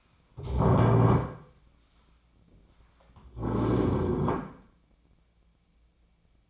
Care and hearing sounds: daily activity, microphone in the room; stand up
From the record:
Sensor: 1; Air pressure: 1009.2 hPa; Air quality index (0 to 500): 177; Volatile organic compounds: 3 ppm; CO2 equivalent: 1493 ppm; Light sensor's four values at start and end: 45/119/49/59 and 42/110/46/55

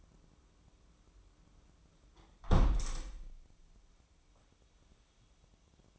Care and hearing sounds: daily activity, microphone in the room; close window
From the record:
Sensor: 1

